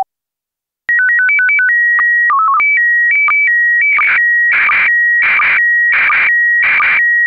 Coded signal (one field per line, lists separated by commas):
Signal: SSTV (slow-scan television)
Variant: PD 90